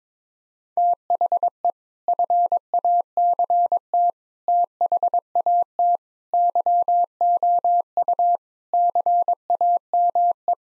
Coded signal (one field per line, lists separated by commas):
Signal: Morse code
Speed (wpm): 22 wpm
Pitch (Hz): 700 Hz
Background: none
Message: THE FACT THAT YOU CAME